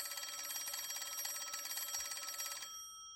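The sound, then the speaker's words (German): A telephone bell rings in a hallway in a rapid, continuous metallic trill for about two and a half seconds, bright and steady, then cuts off abruptly into quiet. “In diesem Moment klingelte dort das Telefon.”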